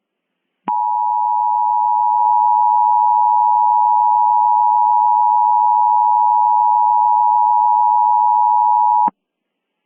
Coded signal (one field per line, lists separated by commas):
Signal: Emergency Alert System (SAME) tones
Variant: 853 and 960 Hz attention tone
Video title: EAS Mock: Release Day